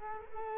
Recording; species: mosquito wingbeat signal from an infrared sensor; Culex quinquefasciatus